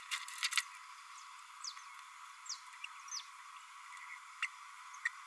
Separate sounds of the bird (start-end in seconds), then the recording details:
4.42-4.48, 5.05-5.09. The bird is a male. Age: 30 days. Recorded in a nest box in Venezuela. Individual 17B32A6